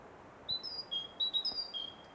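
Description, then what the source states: Great tit song: a short melodic phrase of clear whistled notes at three pitches. Great tit singing a melody using three notes.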